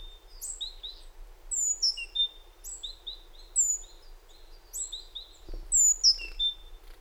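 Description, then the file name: Great tit calls: a busy run of thin, high chirps and short descending whistles over a faint low background rumble. "Parus major"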